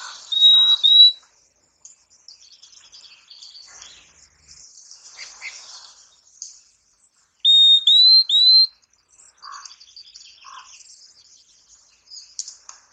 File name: Canto do Fim fim